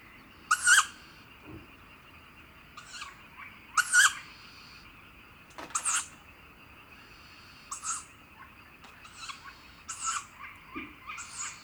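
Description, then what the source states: Tawny owl young giving rasping, hissy begging calls at irregular intervals, some louder and some softer, over a quiet background. Fledged tawny owl brood giving begging calls, together with guarding calls of the female.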